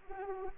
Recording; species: mosquito wingbeat signal from an infrared sensor; Anopheles arabiensis